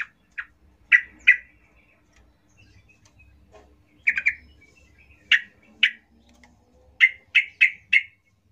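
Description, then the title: Yellow-vented Bulbul song: sharp chirps given singly and in quick pairs and runs of three or four, separated by short pauses. Trucuk (Yellow-vented Bulbul) singing lively ('gacor ropel ngalas' style), used as a lure (pancingan) to make trucuk birds sing. "GACOR Ropel Ngalas Pancingan Trucukan Agar Bunyi Jadikan Burung Trucuk"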